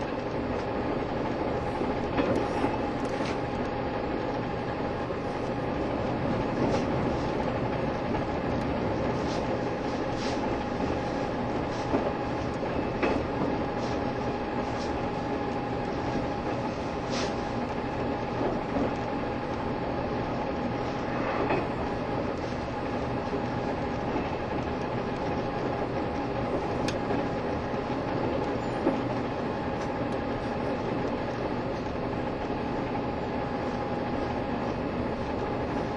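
An electric train speeds along with the deep growling hum of its old-style traction motors, heard from on board. The roar stays dense and steady throughout, with a sustained motor whine over it and scattered sharp clicks and rattles from the track.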